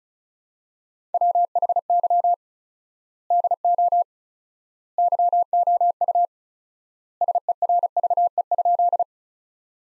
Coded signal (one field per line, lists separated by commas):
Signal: Morse code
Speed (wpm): 36 wpm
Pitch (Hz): 700 Hz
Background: none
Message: WHY DO YOU SERVE?